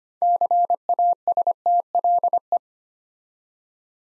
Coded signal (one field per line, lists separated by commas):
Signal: Morse code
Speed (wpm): 25 wpm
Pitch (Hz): 700 Hz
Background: none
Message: CASTLE